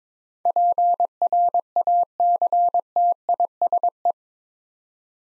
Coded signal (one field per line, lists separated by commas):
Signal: Morse code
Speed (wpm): 22 wpm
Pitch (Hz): 700 Hz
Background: none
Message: PRACTISE